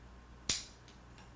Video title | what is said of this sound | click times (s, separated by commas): Fondant Duo Ribbon Christmas Tree Cake Decorating How-To Video Tutorial Part 3 | you'll hear a click there's different ones | 0.5 s